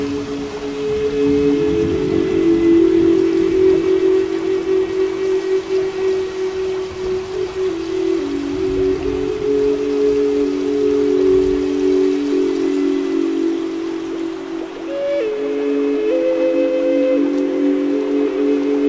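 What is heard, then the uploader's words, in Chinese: Long, slow flute notes hold and shift gently, rising higher near the end, over a steady wash of rain hiss throughout. 雨&长笛&大自然。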